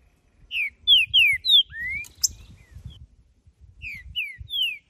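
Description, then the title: Green-winged saltator singing a loud whistled phrase of short descending slurred notes and a rising note, then a second phrase after a pause, with low rumbling noise beneath. Wild bird singing in nature, recorded to stimulate captive birds; song described as calling, singing and male territorial display in competition. "Trinca Ferro Cantando na Natureza! Ideal para ESQUENTAR seu TRINCA!!"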